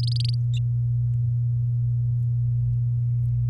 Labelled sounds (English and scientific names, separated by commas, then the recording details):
Domestic Canary (Serinus canaria) song
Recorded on 11 May 2018 at 06:03
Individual llb16